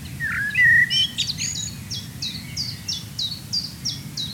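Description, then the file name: Common blackbird gives a brief fluty warble and squeaky flourish, followed by a fast run of evenly spaced high notes, low hum throughout. "Turdus merula"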